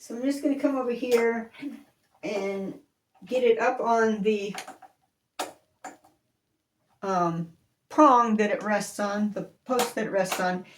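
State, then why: Seated. A bobbin case is lifted onto the post it mounts on in a sewing machine and popped into place, seating with a sharp click at 5.4 s, followed by two fainter clicks. Someone talks before and after.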